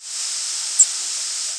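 American Tree Sparrow flight call, a single brief, very high, thin note set against a steady background hiss.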